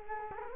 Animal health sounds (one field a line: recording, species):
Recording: mosquito wingbeat signal from an infrared sensor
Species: Culex quinquefasciatus